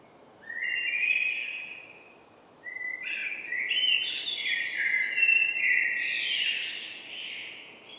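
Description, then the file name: Common blackbird song: a short fluted phrase, a brief pause, then a longer rich warble climbing into squeaky high notes. "Turdus merula"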